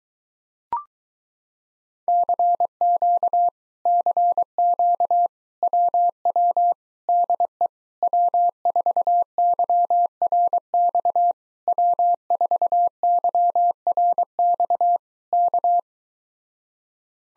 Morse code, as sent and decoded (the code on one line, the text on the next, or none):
-.-. --.- / -.-. --.- / .-- .-- / -.. . / .-- ....- -.-- .-. -..- / .-- ....- -.-- .-. -..- / -.-
CQ CQ WW DE W4YRX W4YRX K